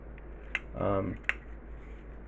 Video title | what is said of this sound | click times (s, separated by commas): tyrant toys heavenly tyrant not starsaber | and it'll snap these two bits together. | 0.5 s